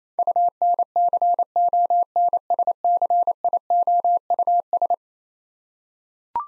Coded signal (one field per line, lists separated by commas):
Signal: Morse code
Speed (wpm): 27 wpm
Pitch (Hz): 700 Hz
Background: none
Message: UNCONSCIOUS